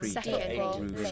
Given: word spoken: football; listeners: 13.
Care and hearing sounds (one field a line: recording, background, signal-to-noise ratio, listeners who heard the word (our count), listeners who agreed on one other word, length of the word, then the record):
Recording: one English word in noise, from a listening test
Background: four-talker babble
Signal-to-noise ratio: -1.7 dB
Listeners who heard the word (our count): 0 of 13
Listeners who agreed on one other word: 6 of 13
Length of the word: 0.72 s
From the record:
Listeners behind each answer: 6, 3, 2, 1, 1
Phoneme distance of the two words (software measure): 60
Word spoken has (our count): 2 syllables, 6 phonemes, stress on syllable 1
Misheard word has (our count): 2 syllables, 6 phonemes, stress on syllable 2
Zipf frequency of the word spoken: 5.12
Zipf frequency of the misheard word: 5.61